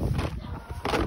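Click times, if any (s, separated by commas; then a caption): 0.9 s. A Joie Juva infant car seat carrier is lowered onto the hook points of a Joie Muze LX stroller frame and pushed down, with low rumbling handling noise before a sharp latch click at 0.9 s. The carrier is locked onto the stroller frame and no longer comes off when lifted.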